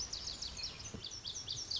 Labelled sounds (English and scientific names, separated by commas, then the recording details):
Lazuli Bunting (Passerina amoena)
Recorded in Sonoma County, California